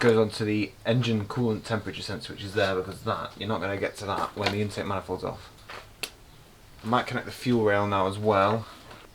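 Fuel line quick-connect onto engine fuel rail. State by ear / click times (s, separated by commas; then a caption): not seated / none. Someone talks while handling the fuel line quick-connect at the fuel rail of a 2000s BMW E46 330i inline-six engine during intake manifold reassembly, with a single brief sharp tick near 6.0 s between the talking. Nothing has seated or clicked yet; the connector is not yet home on the fuel rail.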